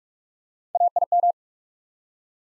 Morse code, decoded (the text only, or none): A I M